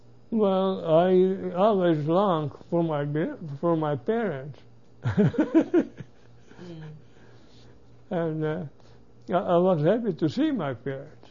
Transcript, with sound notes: Well, I always long for my gran-, for my parents. (he laughs) And I was happy to see my parents.